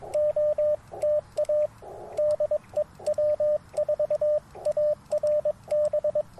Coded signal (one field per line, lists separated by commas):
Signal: Morse code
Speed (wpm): 22 wpm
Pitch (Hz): 600 Hz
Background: radio noise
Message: OTA DE W4ARB